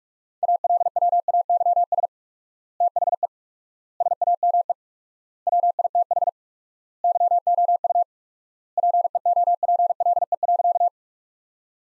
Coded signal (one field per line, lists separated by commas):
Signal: Morse code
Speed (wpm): 42 wpm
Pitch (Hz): 700 Hz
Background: none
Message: ALWAYS THE SAME WITH YOU PEOPLE.